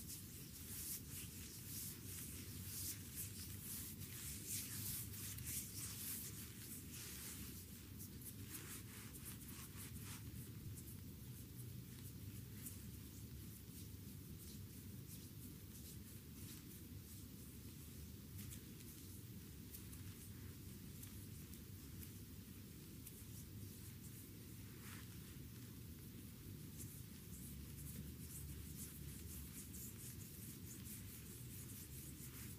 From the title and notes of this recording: Very tenderly ASMR foot massage with rose petals. Delicate and romantic foot massage with rose petals.